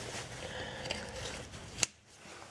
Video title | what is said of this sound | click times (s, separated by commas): 2003 Honda Accord driver door lock actuator replacement | You should be able to hear it snap into place like that. | 1.8 s